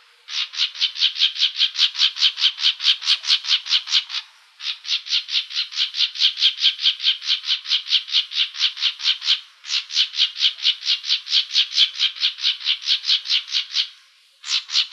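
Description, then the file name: Plumbeous vireo harsh chatter, dry rasping notes delivered quickly and evenly in several long series with short breaks. Calls recorded in Arizona. "PLVI CALLS deviche"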